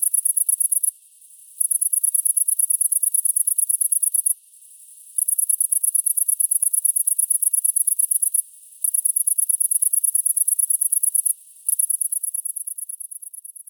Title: Sylvain Jaskowiak - Animus. Grande sauterelle verte - Apt , Vaucluse - juin 2010